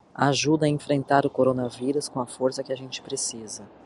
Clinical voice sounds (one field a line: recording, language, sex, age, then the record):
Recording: spoken sentence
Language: Brazilian Portuguese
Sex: female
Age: 30 to 39 years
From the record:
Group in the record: control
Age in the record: 37 years